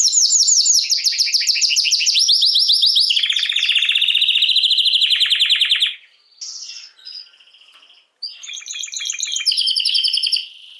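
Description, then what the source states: Belgian canary singing rapid repeated trills, first high and bright, then a lower rolling section, a brief gap with scattered notes, then quick high trills again. Male Belgian canary named Raiden singing a great deal; meant for warming up young birds and Belgian canaries.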